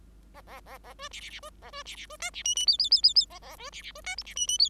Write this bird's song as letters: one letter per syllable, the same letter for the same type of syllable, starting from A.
A A A A B C C C B A B C C B D C E E F F F F F A A B C C B D G C E E F